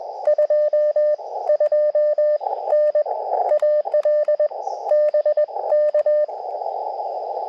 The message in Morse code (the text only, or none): 22N AL BK